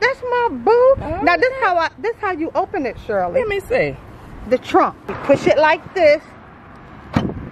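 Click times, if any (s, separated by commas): 7.3 s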